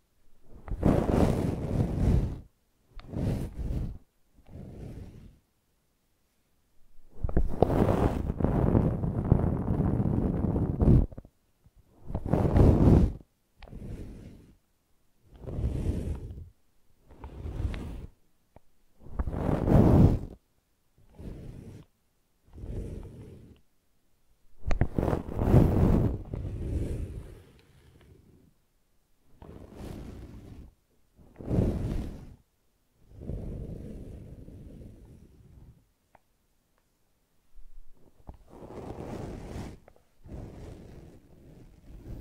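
Brushing and scratching come in separate strokes, each a rough, hissing sweep lasting about a second or two, with short silences between. The strokes repeat irregularly through the whole clip, some longer and fuller, some brief and thin, with no other sounds behind them.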